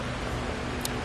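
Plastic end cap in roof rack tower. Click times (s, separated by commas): 0.8 s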